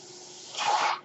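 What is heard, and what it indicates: A quiet steady background gives way, about halfway through, to a soft rushing hiss of air lasting roughly half a second before it fades. This is the airflow of a mechanical ventilator delivering a breath.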